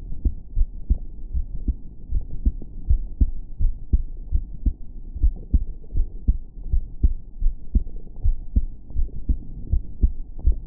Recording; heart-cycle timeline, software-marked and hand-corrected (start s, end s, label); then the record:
heart sounds
0.01	0.21	systole
0.21	0.31	S2
0.31	0.57	diastole
0.57	0.69	S1
0.69	0.89	systole
0.89	0.99	S2
0.99	1.33	diastole
1.33	1.45	S1
1.45	1.67	systole
1.67	1.77	S2
1.77	2.13	diastole
2.13	2.23	S1
2.23	2.45	systole
2.45	2.55	S2
2.55	2.89	diastole
2.89	3.01	S1
3.01	3.19	systole
3.19	3.29	S2
3.29	3.61	diastole
3.61	3.73	S1
3.73	3.93	systole
3.93	4.03	S2
4.03	4.33	diastole
4.33	4.45	S1
4.45	4.65	systole
4.65	4.77	S2
4.77	5.19	diastole
5.19	5.33	S1
5.33	5.53	systole
5.53	5.63	S2
5.63	5.95	diastole
5.95	6.07	S1
6.07	6.27	systole
6.27	6.37	S2
6.37	6.71	diastole
6.71	6.83	S1
6.83	7.03	systole
7.03	7.13	S2
7.13	7.43	diastole
7.43	7.55	S1
7.55	7.75	systole
7.75	7.85	S2
7.85	8.23	diastole
8.23	8.35	S1
8.35	8.55	systole
8.55	8.65	S2
8.65	8.97	diastole
8.97	9.09	S1
9.09	9.29	systole
9.29	9.39	S2
9.39	9.73	diastole
9.73	9.83	S1
9.83	10.01	systole
10.01	10.11	S2
10.11	10.45	diastole
10.45	10.57	S1
10.57	10.67	systole
From the record:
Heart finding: normal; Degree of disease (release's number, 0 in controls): 0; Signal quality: good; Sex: female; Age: 18 years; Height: 1.68 m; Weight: 55 kg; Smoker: yes